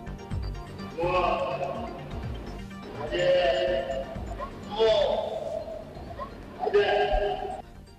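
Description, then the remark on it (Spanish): An elephant gives four separate calls over a low rumbling background. Each is a mid-pitched, wavering cry that sounds much like a sheep's bleat, with short gaps between calls. “Por si no lo habéis escuchado bien, vamos a repetirlo, Noel, por favor, porque esto es un elefante.”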